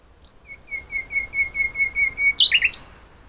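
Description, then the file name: Common nightingale singing: a soft high note, then a series of pure whistles that swell in loudness, closing with a burst of harsh, rapid notes. "Luscinia megarhynchos"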